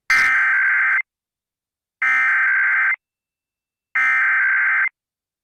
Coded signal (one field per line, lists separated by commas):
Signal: Emergency Alert System (SAME) tones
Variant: header bursts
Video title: Hamburger Mary's Sues DeSantis! - Tuesday Live Stream